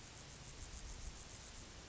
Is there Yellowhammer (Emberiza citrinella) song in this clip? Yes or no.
no